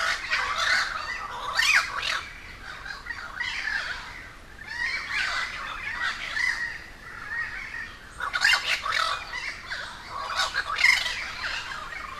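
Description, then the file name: Crows in a noisy flock, hoarse cawing squawks overlapping in dense bursts, with a couple of brief lulls before the chorus swells again. A gathering of crows in Cuba. "Quiet American - aaron ximm-humbold park cuba-convocation of crows"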